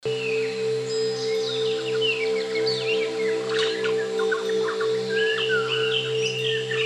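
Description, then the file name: White-crowned shama song of tumbling whistles, clipped chips and short slurred notes delivered in quick succession, against a continuous low mechanical hum. Sound recorded in nature. "suara alam murai batu mahkota"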